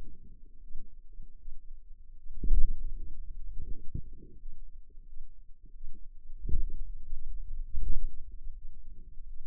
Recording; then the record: forearm muscle sounds (acoustic myography)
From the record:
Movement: pen grasping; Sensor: system 2, bracelet of six BSWA MPA416 microphones around the upper forearm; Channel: 5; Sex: female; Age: 23 years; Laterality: right